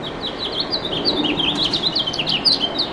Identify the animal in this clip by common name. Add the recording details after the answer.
House Finch. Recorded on Long Island, New York, on 2 June 2012. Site CP. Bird E